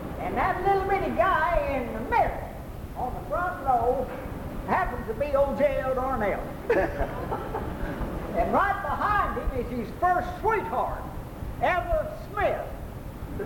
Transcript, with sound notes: And that little bitty guy in the middle on the front row happens to be old J.L. Darnell. (laughing) And right behind him is his first sweetheart--Eva Smith.